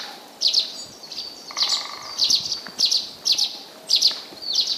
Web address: izumino saunndo nyuunaisuzume